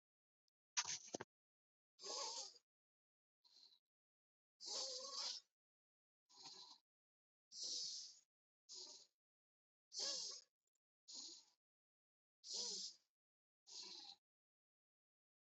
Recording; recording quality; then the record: deep breathing; excellent, no background noise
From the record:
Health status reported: healthy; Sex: female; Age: 27 years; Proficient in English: yes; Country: India